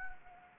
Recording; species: mosquito wingbeat signal from an infrared sensor; Anopheles gambiae